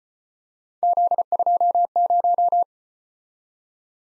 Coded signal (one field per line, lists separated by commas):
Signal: Morse code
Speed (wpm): 33 wpm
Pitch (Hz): 700 Hz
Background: none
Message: Z20